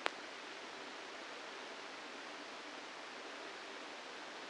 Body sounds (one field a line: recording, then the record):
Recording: brain microelectrode recording played as sound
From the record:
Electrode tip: inside the subthalamic nucleus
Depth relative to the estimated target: 0 mm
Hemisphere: left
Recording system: NeuroSet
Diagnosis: Parkinson's disease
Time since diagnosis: 8 years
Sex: male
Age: 65 years